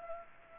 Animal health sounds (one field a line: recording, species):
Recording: mosquito wingbeat signal from an infrared sensor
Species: Culex pipiens